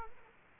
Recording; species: mosquito wingbeat signal from an infrared sensor; Culex quinquefasciatus